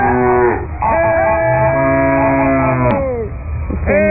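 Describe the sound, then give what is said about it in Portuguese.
An old ox lows in a long, drawn-out, harmonic moo that bends downward at the end, framed by shorter bellowing calls before and after. The calls are loud, with no talking. “Se afasta pra lá, boi velho nojinho. Ei, boi! Ei, boi! Ei, boi!”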